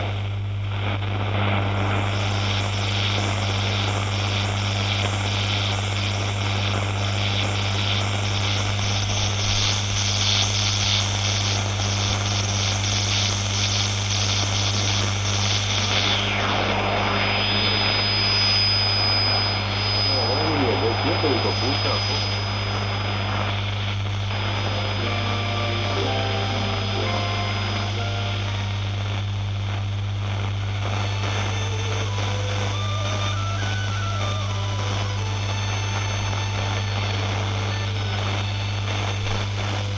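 An old radio plays a constant low hum under dense static hiss. Around the middle the tuning shifts, with sweeping whines and bursts of noise, then short wavering whistles and chirping tones come and go through the last fifteen seconds.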